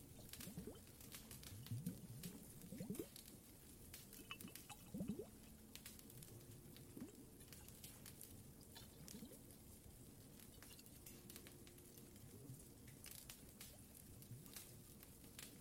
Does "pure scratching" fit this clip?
no